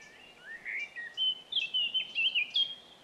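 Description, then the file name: Eurasian blackcap with a continuous, fast, chattering warble that turns into clear, high whistled notes, all within about three seconds. "Sylvia atricapilla"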